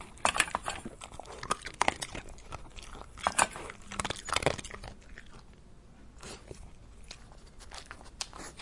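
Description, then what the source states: Dog chewing, a string of crunching, crackling bites that are denser early on and thin out into sparse soft clicks toward the end. Domestic dog eating and drinking.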